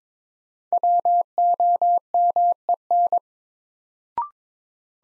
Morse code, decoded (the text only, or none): WOMEN